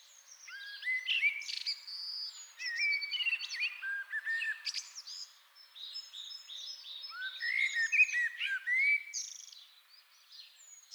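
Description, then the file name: Common blackbird song, a varied flow of whistled and twittering notes in two bursts, with high chirps scattered throughout. "Turdus merula"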